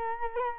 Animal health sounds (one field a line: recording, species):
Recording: mosquito wingbeat signal from an infrared sensor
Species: Culex quinquefasciatus